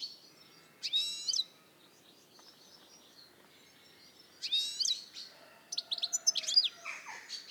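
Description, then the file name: European goldfinch giving short bursts of high, tinkling twitters, one near the start and another past midway, followed by mixed chirps near the end. "Carduelis carduelis"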